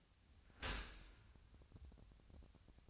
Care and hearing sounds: daily activity, microphone in the room; open dishwasher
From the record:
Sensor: 2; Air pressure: 1006.6 hPa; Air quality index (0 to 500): 202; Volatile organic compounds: 14 ppm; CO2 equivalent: 2469 ppm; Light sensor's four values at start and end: 9/21/9/9 and 9/21/8/9

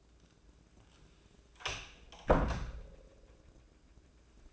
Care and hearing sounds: daily activity, microphone in the room; close door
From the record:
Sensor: 2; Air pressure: 1012.2 hPa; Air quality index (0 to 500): 161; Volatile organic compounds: 2 ppm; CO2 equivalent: 1176 ppm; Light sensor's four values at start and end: 371/928/376/391 and 375/938/380/395

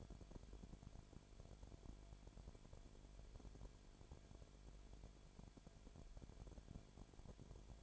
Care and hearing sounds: daily activity, microphone in the room; no activity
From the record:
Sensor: 5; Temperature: 19.9 degrees Celsius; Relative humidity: 35.6%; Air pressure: 1003.4 hPa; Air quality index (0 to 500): 57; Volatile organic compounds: 1 ppm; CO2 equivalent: 638 ppm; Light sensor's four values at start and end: 2/3/1/1 and 2/3/1/1

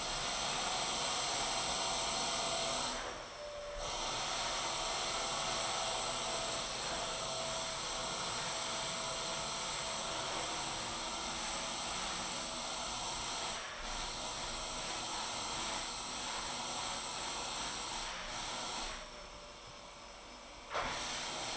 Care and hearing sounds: daily activity, microphone in the room; vacuum cleaning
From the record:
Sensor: 5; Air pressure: 994.5 hPa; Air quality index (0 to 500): 173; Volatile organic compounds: 667 ppm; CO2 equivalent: 5010 ppm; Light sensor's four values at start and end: 9/21/8/9 and 9/21/8/9

